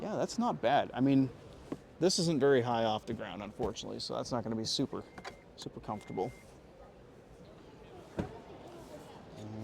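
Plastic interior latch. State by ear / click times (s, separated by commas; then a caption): seated / 8.2 s. At an auto show, someone moves an interior seat or console component in a car cabin until its panel latch locks into place, a move that takes two hands. Someone talks through most of the clip, then a single short knock is heard at 8.2 s as the latch seats.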